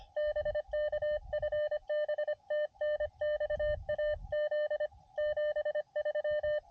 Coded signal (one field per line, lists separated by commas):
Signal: Morse code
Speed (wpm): 25 wpm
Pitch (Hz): 600 Hz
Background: none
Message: BK FB TNX AZ 73